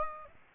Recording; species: mosquito wingbeat signal from an infrared sensor; Aedes aegypti